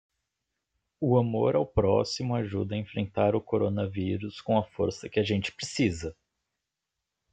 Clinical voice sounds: spoken sentence; Brazilian Portuguese; male; 20 to 29 years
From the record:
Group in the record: control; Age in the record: 23 years

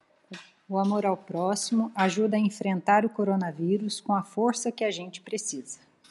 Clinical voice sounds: spoken sentence; Brazilian Portuguese; female; 40 to 49 years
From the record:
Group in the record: control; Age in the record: 49 years

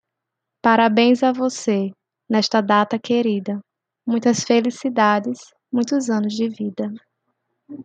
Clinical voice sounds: short text; Brazilian Portuguese; female; 20 to 29 years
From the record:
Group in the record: control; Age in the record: 25 years

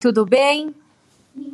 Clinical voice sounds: spoken sentence; Brazilian Portuguese; female; 30 to 39 years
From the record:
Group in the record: control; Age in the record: 35 years

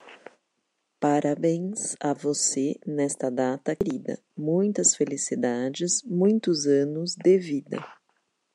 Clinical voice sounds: short text; Brazilian Portuguese; female; 40 to 49 years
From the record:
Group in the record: control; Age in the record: 47 years

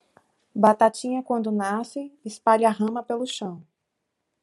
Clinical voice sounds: short text; Brazilian Portuguese; female; 30 to 39 years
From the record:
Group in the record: control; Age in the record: 37 years

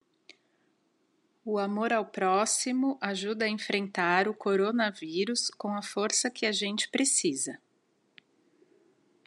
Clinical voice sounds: spoken sentence; Brazilian Portuguese; female; 40 to 49 years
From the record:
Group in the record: control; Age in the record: 40 years

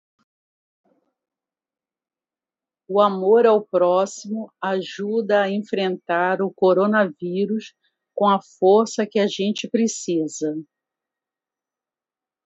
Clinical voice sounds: spoken sentence; Brazilian Portuguese; female; 50 to 59 years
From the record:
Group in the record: control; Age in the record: 54 years

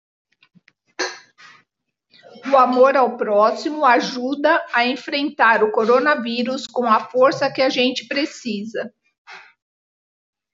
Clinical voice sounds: spoken sentence; Brazilian Portuguese; female; 50 to 59 years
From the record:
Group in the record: control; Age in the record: 58 years

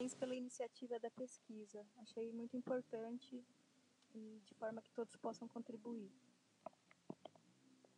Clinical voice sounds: short text; Brazilian Portuguese; female; 40 to 49 years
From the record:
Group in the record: control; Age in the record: 43 years

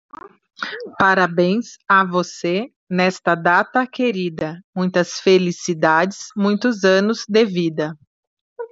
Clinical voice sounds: short text; Brazilian Portuguese; female; 40 to 49 years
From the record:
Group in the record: control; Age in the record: 47 years

